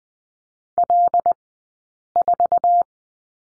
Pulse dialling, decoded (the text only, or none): none